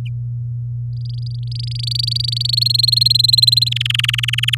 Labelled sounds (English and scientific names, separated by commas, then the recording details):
Domestic Canary (Serinus canaria) song
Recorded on 8 May 2018 at 07:05
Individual llb16